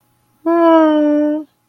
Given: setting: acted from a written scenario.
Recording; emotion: vocal sound without words; sympathy